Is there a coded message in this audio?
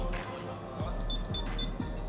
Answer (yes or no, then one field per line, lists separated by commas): no